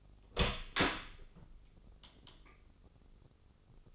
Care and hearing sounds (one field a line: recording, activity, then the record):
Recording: daily activity, microphone in the room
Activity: open door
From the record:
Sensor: 4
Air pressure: 996.9 hPa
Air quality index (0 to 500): 48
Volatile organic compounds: 1 ppm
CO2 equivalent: 790 ppm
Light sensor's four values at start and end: 19/45/18/19 and 19/44/18/19